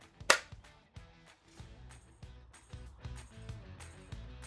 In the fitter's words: until it's flush with the housing you may hear a snap noise